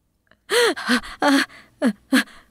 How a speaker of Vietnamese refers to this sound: Toàn thân bà toát mồ hôi, tim đập như trống trận, mặt mũi tái nhợt không còn giọt máu. Bà ngồi bật dậy, thở hổn hển như vừa được cứu lên khỏi dòng nước lũ.